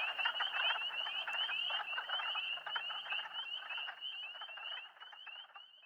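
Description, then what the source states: Spring peepers in full chorus of quick upslurred peeps, several per second, the whole chorus fading softer toward the end. Several spring peepers calling together; posted in April 2008.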